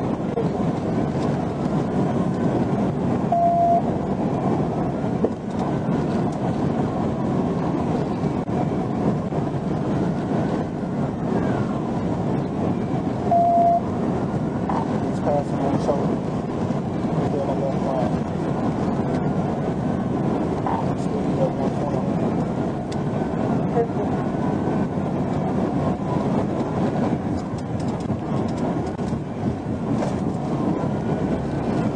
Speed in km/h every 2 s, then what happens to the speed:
195, 192, 190, 190, 190, 190, 192, 193, 193, 196, 196, 196, 198, 198, 190, 179.
0-26 steady at about 193. 26-32 brakes to 179.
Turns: none.